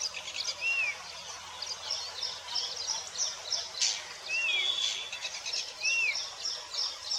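Bird whistles: a short arched note heard three times, rising then falling, over hissing background noise and faint high twittering.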